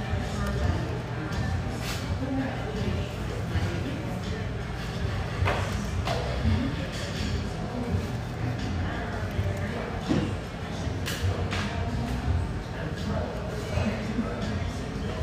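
A busy café with a steady blend of overlapping voices and a low murmur underneath. Sharp clinks and knocks of dishes or cutlery cut through every second or two, with a few louder clatters near the two, six, eleven and twelve-second marks.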